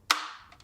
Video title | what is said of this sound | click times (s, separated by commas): Best LED Light for Video - Yongnuo YN 300 III | of them fit in there pretty easy and both of them click | 0.1 s